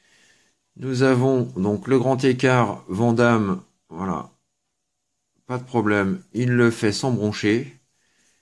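Someone talks while spreading the legs of a plastic Transformers Titans Return deluxe Hardhead & Furos action figure into a full split, working the plastic leg joint into the figure's hip. Nothing has clicked or seated yet by the end.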